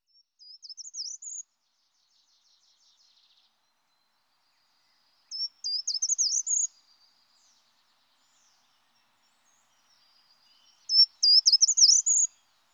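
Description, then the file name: Short-toed treecreeper song: three short, high, jingling phrases, each a quick run of thin notes, given roughly every five seconds with silence between. "Grimpereau des jardins"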